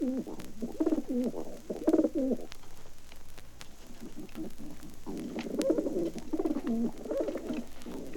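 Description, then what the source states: Pigeon cooing: low rolling coos repeated in quick runs, a quieter pause of about two and a half seconds midway, then more throaty coos. Several pigeons cooing.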